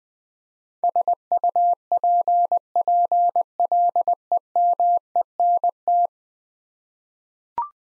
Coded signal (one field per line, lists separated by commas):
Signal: Morse code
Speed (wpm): 20 wpm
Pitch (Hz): 700 Hz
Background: none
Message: SUPPLEMENT